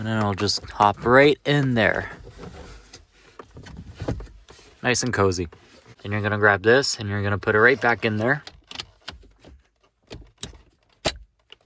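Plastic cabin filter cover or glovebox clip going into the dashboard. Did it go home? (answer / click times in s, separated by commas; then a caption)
yes / 10.4 s, 11.5 s. On a 2015 Honda Civic, after a new cabin air filter is fitted, the plastic cabin filter cover or glovebox piece is pushed back into place behind the dashboard while someone talks. Small clicks follow as its clips seat into the dash at 10.4 s and 11.5 s, showing the cover is seated.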